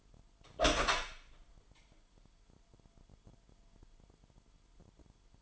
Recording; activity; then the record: daily activity, microphone in the room; open door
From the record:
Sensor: 5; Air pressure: 998.4 hPa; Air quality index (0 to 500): 82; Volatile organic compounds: 1 ppm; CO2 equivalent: 931 ppm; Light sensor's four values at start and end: 30/72/30/33 and 30/73/30/33